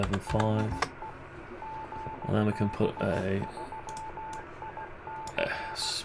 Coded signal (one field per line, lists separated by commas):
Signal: Morse code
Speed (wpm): 16 wpm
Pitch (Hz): 880 Hz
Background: speech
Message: DE GB3IC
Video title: AMIGA B2000 Case 43 - Fixings & G-Code - Bind The Plastics Together - A500 Keyboard